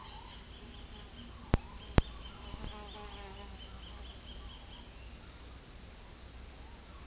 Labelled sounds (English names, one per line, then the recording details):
Roadside Hawk
Purple-throated Fruitcrow
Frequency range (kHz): Roadside Hawk 1.8-4.2 kHz; Purple-throated Fruitcrow 0.3-1.6 kHz
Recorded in dense forest near Puerto Asís, Putumayo, Colombia, on 21 February 2024 at 08:00
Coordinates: 0.485, -76.322
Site G6406